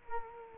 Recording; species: mosquito wingbeat signal from an infrared sensor; Culex quinquefasciatus